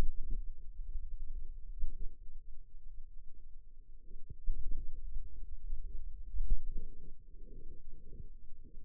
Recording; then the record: forearm muscle sounds (acoustic myography)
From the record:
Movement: finger pinch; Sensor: system 2, bracelet of six BSWA MPA416 microphones around the upper forearm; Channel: 5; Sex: female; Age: 22 years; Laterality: right